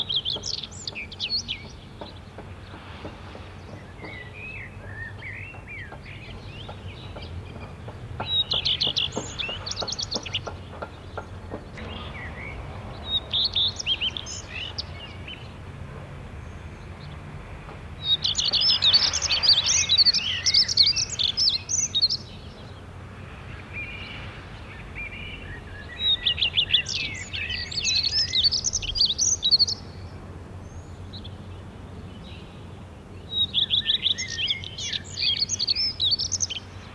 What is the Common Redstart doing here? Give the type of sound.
song